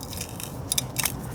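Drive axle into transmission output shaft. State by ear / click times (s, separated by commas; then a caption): seated / 0.8 s. A drive axle, likely a CV axle, is pushed onto the transmission output shaft of an Integra and locks into place with a sharp click at 0.8 s. Brief metallic clicks also sound around 0.7 s and near 1.0–1.1 s over a low background rumble. The axle ends up seated and locked on the shaft.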